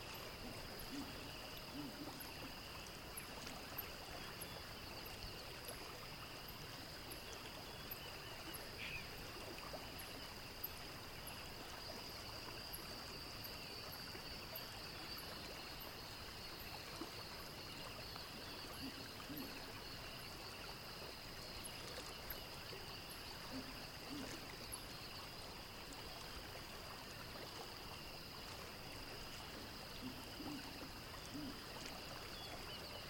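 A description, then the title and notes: Gliding along a wide river, a steady wash of water and rustle fills the low end throughout. Above it, two constant high buzzing tones hum without pause, while short, bright bird chirps flick in every second or two across the whole recording. Imagine yourself in a small boat, gliding along a wide river that winds through a land teeming with wild animals.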